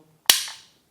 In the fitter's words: with the audible click when you seat the mags.